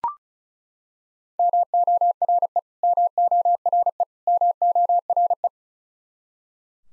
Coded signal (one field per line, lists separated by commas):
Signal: Morse code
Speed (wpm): 34 wpm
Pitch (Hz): 700 Hz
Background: none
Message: MORE MORE MORE